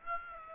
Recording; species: mosquito wingbeat signal from an infrared sensor; Aedes aegypti